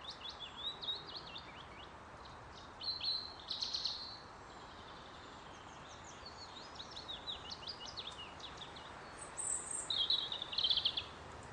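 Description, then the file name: European robin singing repeated short phrases of high, thin, tinkling warbles and whistles separated by brief pauses, with steady background hiss throughout. "Erithacus rubecula"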